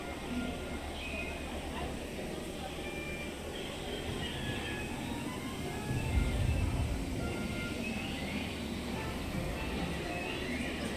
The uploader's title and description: Disneyland Park Binaural Walk Through. A relaxing audio journey through Disneyland park in Anaheim, California.